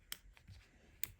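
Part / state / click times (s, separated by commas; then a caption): rotating stand ring into its locked position on a phone case / seated / 0.1 s, 1.0 s. A 360-degree rotating magnetic kickstand ring on a red plastic CASEKOO Rouge Series Santa Red case for an iPhone 17 Pro is turned and snaps into its detent position. Two sharp, short clicks land at 0.1 s and 1.0 s, each followed by a fainter tick, and the stand seats firmly into place.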